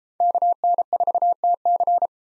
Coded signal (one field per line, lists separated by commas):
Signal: Morse code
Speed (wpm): 32 wpm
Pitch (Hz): 700 Hz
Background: none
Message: KN4TC